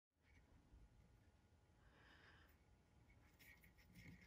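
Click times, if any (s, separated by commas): none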